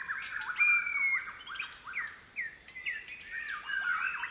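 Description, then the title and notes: White-crowned shama fluting calls: varied whistled notes, some rising and some falling, in quick uneven succession over a steady high insect drone. Several birds giving fluting calls in a dusk chorus at sunset over a rainforest valley in Maliau NP, Borneo; recorded with Sony PCM D10, Lom MikroUsi mics and BubbleBee Windbubbles. "Borneo Rainforest - Evening - Dusk Chorus With Shama. The fluting calls of White-crowned shamas fill the valley as the sun sets over the jungles of Maliau NP, Borneo"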